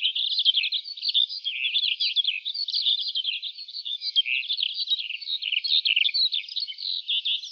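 Lark song, a dense, nonstop high twittering chatter of quick mixed notes.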